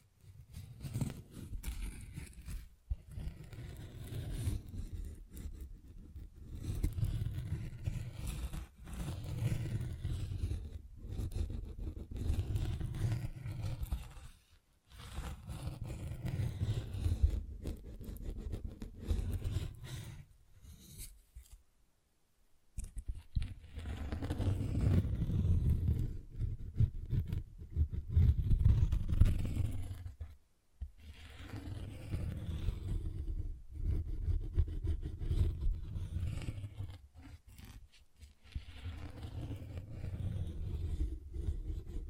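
Soft tapping and scratching on textured surfaces runs in dense, rustly bursts, mostly low and muffled with a faint crackly hiss above. Brief pauses break it up near 15, 21 and 30 seconds before the scratching resumes at a steady level.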